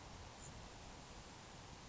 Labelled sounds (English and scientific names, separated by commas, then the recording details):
Grasshopper Sparrow (Ammodramus savannarum)
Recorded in Sonoma County, California